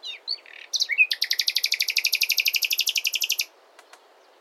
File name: Luscinia megarhynchos